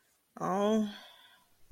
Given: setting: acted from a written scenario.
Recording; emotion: vocal sound without words; shame